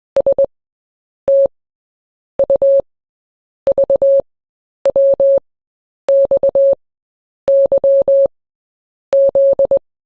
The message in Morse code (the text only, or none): STUVWXYZ